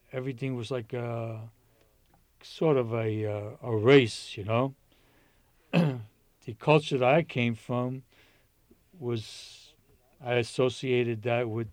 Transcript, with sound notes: Everything was like a — sort of a — a race, you know. [clears throat] The culture that I came from was — I associated that with